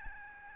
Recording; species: mosquito wingbeat signal from an infrared sensor; Aedes albopictus